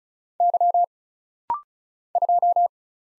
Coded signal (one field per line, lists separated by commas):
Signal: Morse code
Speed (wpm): 36 wpm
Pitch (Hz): 700 Hz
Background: none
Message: Y 2